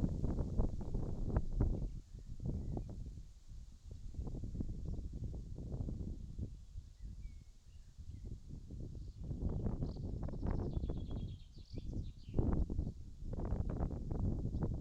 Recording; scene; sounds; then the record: everyday scene through a hearing-aid microphone; wind on the microphone; wind, birds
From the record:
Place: in front of a rural house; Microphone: in the ear canal, left